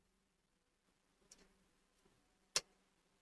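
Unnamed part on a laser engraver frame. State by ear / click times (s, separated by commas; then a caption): released / 2.6 s. An unnamed fitted part is pulled off its mount on the frame of an Atezr P5 laser engraver during assembly. After a faint tick around 1.3 s, a single sharp snap at 2.6 s marks the part popping free and releasing from its mount.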